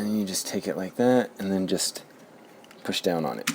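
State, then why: Not seated. A plastic toy piece is handled and lined up to be pushed down onto the pegs on top of a fire truck while someone talks. Faint small ticks of handling come at about 2.6 and 2.7 seconds in a quiet gap between the speech. The piece has not snapped into place yet; nothing has seated or clicked.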